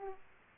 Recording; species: mosquito wingbeat signal from an infrared sensor; Aedes aegypti